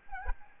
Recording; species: mosquito wingbeat signal from an infrared sensor; Aedes albopictus